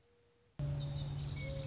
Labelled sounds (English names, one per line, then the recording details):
Mourning Dove
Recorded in Sonoma County, California